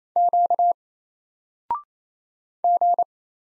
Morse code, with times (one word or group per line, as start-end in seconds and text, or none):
0.2-0.7 Q
2.6-3.0 G